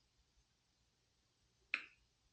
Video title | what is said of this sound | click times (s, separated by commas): Everything You Need To Know About Deutsch Connectors For Harley | Did you hear the click? | 1.7 s